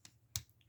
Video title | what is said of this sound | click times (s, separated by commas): this was difficult to do.my second review. | click into place click into place on both and that is on both sides | 0.4 s